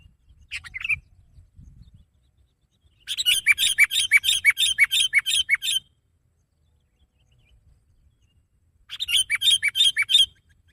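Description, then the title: Sooty-headed bulbul song: a brief note, then a fast run of around ten ringing chirps, quiet, and another similar run near the end. "kutilang"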